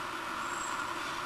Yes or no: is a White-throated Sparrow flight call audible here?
no